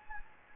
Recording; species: mosquito wingbeat signal from an infrared sensor; Anopheles gambiae